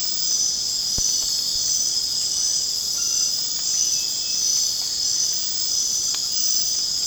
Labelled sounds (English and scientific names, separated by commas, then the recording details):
none
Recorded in secondary vegetation near Puerto Asís, Putumayo, Colombia, on 27 June 2025 at 20:30
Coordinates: 0.484, -76.319
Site G074